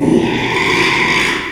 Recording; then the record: squeal of a Yucatan mini pig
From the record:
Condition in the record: after surgery on the right vocal fold (resection and tissue-engineered implant); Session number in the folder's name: 1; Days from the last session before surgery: 6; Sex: male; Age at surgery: 12 weeks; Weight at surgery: 13 kg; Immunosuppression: cyclosporine, prednisolone